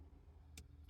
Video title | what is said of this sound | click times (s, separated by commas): Transformers Generations: Legacy United -- (Cybertron Universe) Starscream | does kind of have that weird thing where it kind of snaps into place I don't know what's going on with that maybe there's like some mold flash on the ball joint but | 0.6 s, 0.9 s